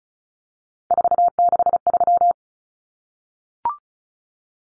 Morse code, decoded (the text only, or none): 463